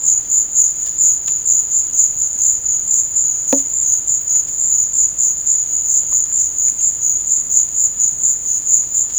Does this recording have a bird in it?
no